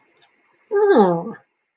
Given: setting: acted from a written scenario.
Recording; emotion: vocal sound without words; interest